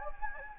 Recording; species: mosquito wingbeat signal from an infrared sensor; Anopheles gambiae